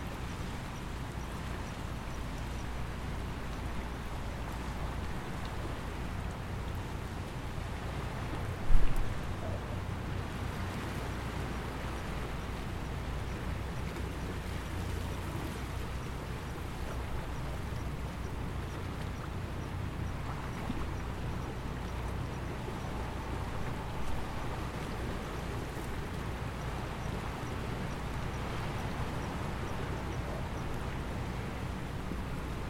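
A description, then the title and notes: Waves on the shore in Bermuda make a steady, dense wash with a low rumble underneath and a soft hiss across the top. The level barely changes, with one brief thump just before nine seconds and small ripples of louder surf later. Great Sound, Bermuda. Overlooking Cavello Bay which overlooks Great Sound. The sound of waves on the shore. Recorded by Mark Wilden.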